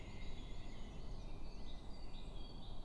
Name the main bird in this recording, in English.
Great Tit